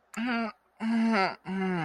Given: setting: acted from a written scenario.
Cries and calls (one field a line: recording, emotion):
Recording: vocal sound without words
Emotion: shame